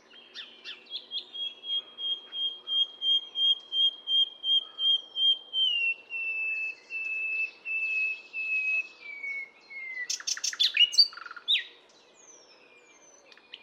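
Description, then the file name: Common nightingale song: a long crescendo of repeated pure piping notes, slowly falling in pitch, ending in a burst of sharp chattering notes. "Luscinia megarhynchos"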